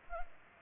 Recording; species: mosquito wingbeat signal from an infrared sensor; Culex pipiens